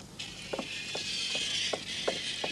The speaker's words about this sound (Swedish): Jag fortsätter att veva du. Det här är inte klart än inte.